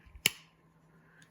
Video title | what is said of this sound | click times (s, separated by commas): Vintage Browning USA stockman pocket knife with wood handles great flea market find | actually let you hear that snap there. | 0.3 s